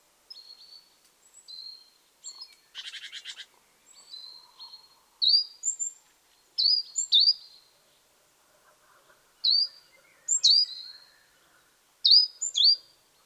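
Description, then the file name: Great tit calls: a single short harsh churr among repeated thin, high, down-slurred notes. "Parus major"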